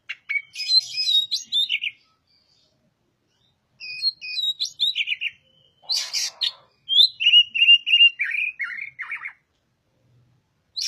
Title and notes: Suara Burung Kacer masteran. burung kacer gacor hebat